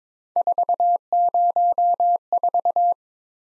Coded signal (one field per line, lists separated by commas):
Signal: Morse code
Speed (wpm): 22 wpm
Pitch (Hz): 700 Hz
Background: none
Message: 404